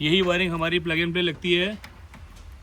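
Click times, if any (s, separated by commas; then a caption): none. Someone talks for most of the clip while an installer handles the plastic connector of a plug-and-play wiring harness, about to plug it into its mating socket in a 2025 Maruti Suzuki Brezza during an audio setup. After the talking stops there is only quiet handling noise with a faint brief tap around 2.1 s. The connector has not seated or clicked yet.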